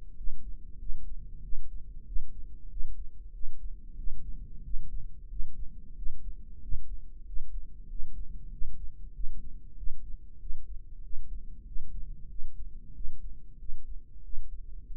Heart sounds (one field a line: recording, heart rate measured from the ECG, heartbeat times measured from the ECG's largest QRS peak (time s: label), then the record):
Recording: heart sounds by microphone in the right ear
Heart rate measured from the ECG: 94 bpm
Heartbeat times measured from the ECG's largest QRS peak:
0.18 s: heartbeat
0.81 s: heartbeat
1.44 s: heartbeat
2.07 s: heartbeat
2.71 s: heartbeat
3.34 s: heartbeat
3.98 s: heartbeat
4.65 s: heartbeat
5.31 s: heartbeat
5.97 s: heartbeat
6.63 s: heartbeat
7.27 s: heartbeat
7.90 s: heartbeat
8.52 s: heartbeat
9.15 s: heartbeat
9.78 s: heartbeat
10.41 s: heartbeat
11.04 s: heartbeat
11.67 s: heartbeat
12.30 s: heartbeat
12.96 s: heartbeat
13.60 s: heartbeat
14.24 s: heartbeat
14.88 s: heartbeat
From the record:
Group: healthy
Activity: rest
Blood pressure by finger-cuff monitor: 137/75 mmHg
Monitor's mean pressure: 93 mmHg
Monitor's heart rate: 95 bpm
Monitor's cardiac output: 7.7 L/min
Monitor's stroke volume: 82 mL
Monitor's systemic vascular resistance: 890 dyn s/cm5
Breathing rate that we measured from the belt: 16 breaths a minute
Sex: male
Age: 21 years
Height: 175 cm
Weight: 72.6 kg